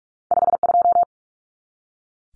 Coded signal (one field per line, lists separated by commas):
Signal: Morse code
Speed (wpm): 44 wpm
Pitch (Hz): 700 Hz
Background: none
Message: 52